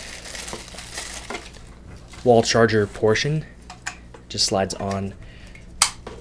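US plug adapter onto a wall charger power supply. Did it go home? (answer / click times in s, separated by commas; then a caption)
yes / 5.8 s. A plastic US plug adapter is slid onto the wall charger of a gear4 HouseParty Smart iDevice Speaker System power supply while someone talks, with faint handling rattles and small taps. It locks with a loud, sharp snap at 5.8 s, and the adapter is seated.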